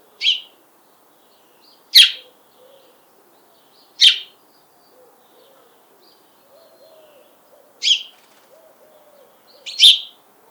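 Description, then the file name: House sparrow chirping: five loud, sharp, high chirps at irregular gaps. "Passer domesticus"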